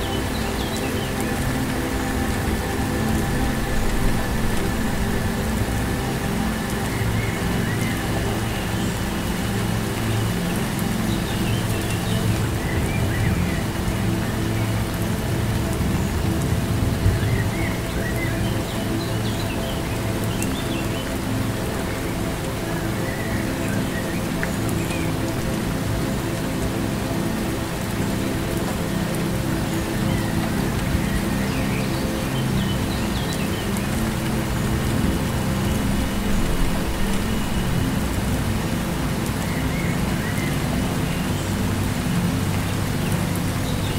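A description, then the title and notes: Steady, dense rainforest wash with a low droning hum underneath, while faint bird chirps surface every few seconds high above the constant patter. Ambient Music Rainforest Sounds Birds.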